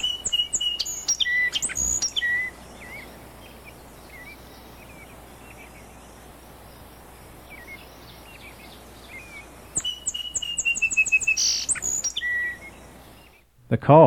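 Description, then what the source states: Song sparrow song with sharp opening notes and a rapid trill, heard at the start and again later, with faint chips between and a brief loud noise at the end. Song sparrow, from marsh bird survey training material.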